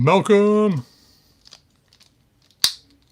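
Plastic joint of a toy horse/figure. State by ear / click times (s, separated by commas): seated / 2.6 s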